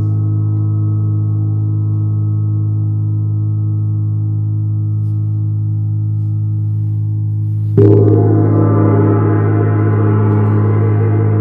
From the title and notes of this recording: A Sound Healing Immersion with Neptune Gong. Resonant tones of the Neptune Gong.